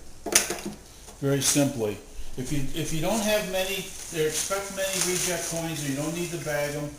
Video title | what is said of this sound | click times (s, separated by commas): coin counter and sorter CS-2000 demonstration | that snaps right into place here | 0.4 s